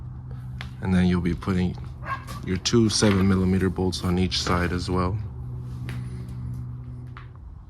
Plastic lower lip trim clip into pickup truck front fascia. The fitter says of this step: You'll hear it click every time it pops in, so that's how you know it's locked in.